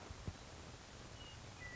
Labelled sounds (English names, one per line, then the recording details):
Western Meadowlark
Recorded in Sonoma County, California